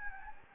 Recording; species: mosquito wingbeat signal from an infrared sensor; Anopheles gambiae